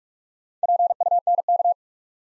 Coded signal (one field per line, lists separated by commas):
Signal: Morse code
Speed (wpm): 44 wpm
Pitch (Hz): 700 Hz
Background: none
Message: PUNK